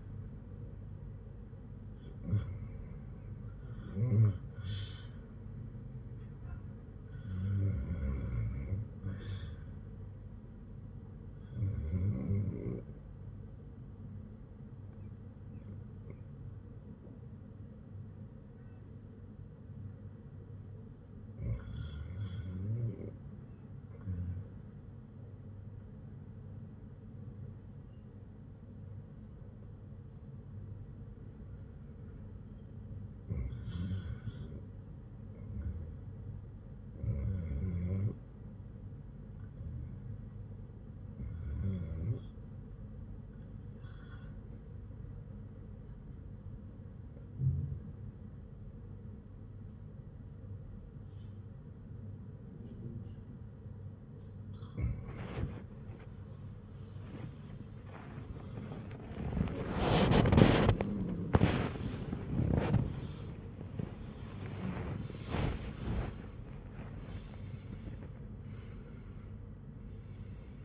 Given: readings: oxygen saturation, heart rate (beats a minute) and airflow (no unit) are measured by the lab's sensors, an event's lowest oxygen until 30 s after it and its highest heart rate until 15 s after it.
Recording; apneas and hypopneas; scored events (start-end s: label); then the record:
breathing in sleep by a smartphone at the bedside; 1
46.00-60.00 s: hypopnea (REM, oxygen 96% highest, then 92% lowest, heart rate 59 at the start, 100 highest)
46.00-70.65 s: new sleep stage, N1 (lightest sleep)
From the record:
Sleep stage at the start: REM sleep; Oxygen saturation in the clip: 91 to 96%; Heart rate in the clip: 59 to 98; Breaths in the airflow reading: 13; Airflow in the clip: -22.0 to 20.3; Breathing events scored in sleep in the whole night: 182 in 7.4 hours asleep